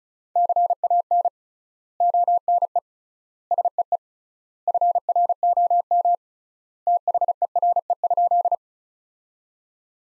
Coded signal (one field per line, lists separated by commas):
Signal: Morse code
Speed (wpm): 36 wpm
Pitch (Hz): 700 Hz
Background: none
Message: CAN ONE SEE FROM THERE?